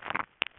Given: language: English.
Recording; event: throat vibration sensor signal played as sound; swallow